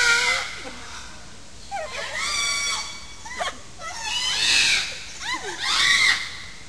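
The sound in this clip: Parrots giving harsh, screeching calls with sweeping harmonics that rise and fall in pitch, in repeated bursts.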